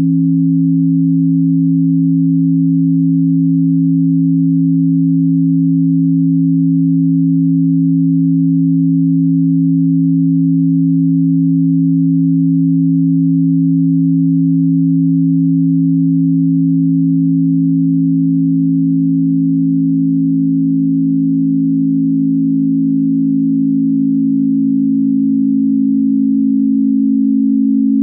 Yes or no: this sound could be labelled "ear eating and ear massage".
no